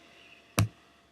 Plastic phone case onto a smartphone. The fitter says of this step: you just put one side in and then the rest just kind of snaps into place